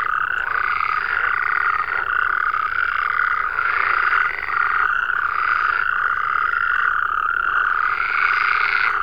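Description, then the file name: Chorus of croaking frogs, thick and steady, with louder surges coming and going every couple of seconds. "Digiffects Sound Effects Library - Frogs"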